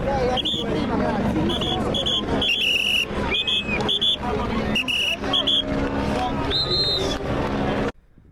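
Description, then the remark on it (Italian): Team support vehicles roll past on a partly asphalted dirt road at Mottolino during stage 15 (2024), a steady loud wash of engine and tire noise with brief high squeals, while a crowd chatters throughout until the sound cuts off abruptly. “Siamo a Mottolino, qui intorno stanno passando i mezzi di appoggio delle squadre.”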